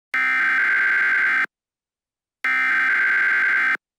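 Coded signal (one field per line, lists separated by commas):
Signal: Emergency Alert System (SAME) tones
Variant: header bursts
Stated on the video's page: Simulated mock Emergency Alert System scenario.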